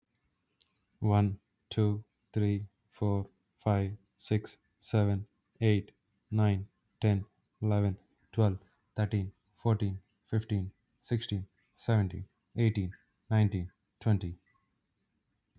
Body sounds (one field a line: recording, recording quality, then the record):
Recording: counting at a normal pace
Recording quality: excellent, no background noise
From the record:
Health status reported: healthy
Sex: male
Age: 34 years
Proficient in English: yes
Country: United States